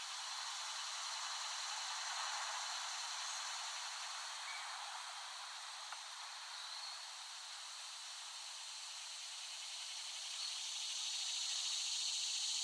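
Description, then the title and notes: Cicadas droning in a constant high buzz that dips slightly in the middle and swells again toward the end. Cicadas recorded in West Brighton, Staten Island, late summer 2008. "The Cicadas of Summer. Recording of cicadas made by Dan Bodah in West Brighton, Staten Island, late summer 2008"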